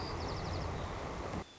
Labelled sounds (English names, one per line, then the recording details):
White-crowned Sparrow
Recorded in Sonoma County, California